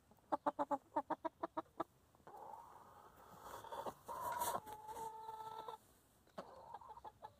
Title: In the chicken coop - A csirkeólban